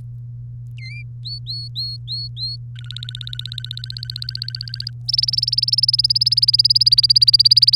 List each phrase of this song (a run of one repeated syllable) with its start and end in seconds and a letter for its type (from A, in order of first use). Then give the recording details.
0.78-1.02 A, 1.25-2.56 B, 2.75-4.90 C, 5.08-7.75 D. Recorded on 3 May 2018 at 08:16. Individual llb3